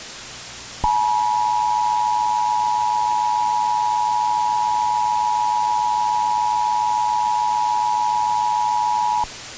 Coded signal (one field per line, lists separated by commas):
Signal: Emergency Alert System (SAME) tones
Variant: 853 and 960 Hz attention tone